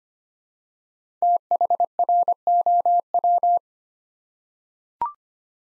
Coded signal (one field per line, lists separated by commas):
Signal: Morse code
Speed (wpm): 25 wpm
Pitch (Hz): 700 Hz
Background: none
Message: THROW